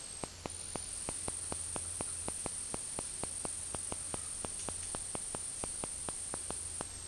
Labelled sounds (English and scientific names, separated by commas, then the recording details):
none
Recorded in dense forest near Puerto Asís, Putumayo, Colombia, on 21 February 2024 at 15:00
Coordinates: 0.503, -76.322
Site G6418